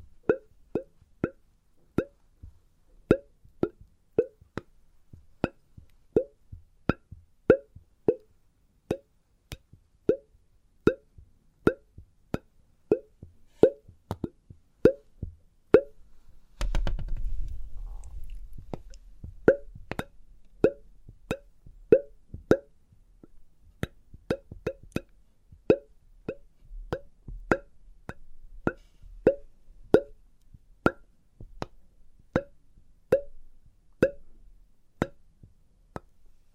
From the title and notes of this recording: ASMR Experimental Triggers in Test Tubes (No Talking).